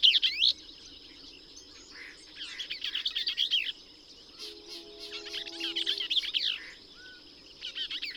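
Bell's vireo giving scratchy, hurried warbled phrases with pauses between, partly masked by background noise, a brief low droning tone and a constant high whine.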